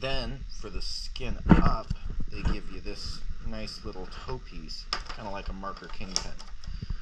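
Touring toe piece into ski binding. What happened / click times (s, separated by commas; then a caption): The binding part is being handled but has not yet seated / none. Someone talks while handling a kingpin-style toe piece meant to pop into a ski touring binding for the skin up. Nothing has seated or clicked yet when the clip ends.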